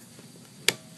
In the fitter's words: and you hear it click so there's no doubt that's where you stop